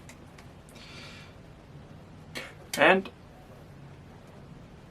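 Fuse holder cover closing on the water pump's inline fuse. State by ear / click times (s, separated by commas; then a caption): seated / 0.1 s, 0.4 s. An inline fuse holder cover for a boat's water pump is pressed shut after the cable is reinserted, with sharp clicks at 0.1 s and 0.4 s as it snaps closed and seats, securing the pump's fuse. Someone talks briefly, and a louder burst of sound follows near 2.9 s.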